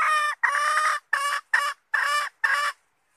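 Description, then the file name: Red junglefowl hen calls: six harsh nasal notes with brief gaps, the second one longest. Female (hen) wild junglefowl calling to find a mate. "tieng ga rung mai keu tim kiem ban tinh"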